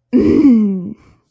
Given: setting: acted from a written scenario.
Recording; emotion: vocal sound without words; anger